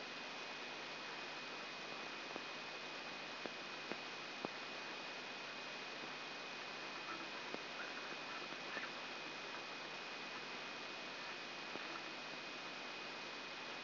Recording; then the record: brain microelectrode recording played as sound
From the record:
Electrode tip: outside the subthalamic nucleus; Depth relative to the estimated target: -3 mm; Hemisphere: right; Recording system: AlphaMap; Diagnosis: Parkinson's disease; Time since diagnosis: 9 years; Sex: male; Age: 68 years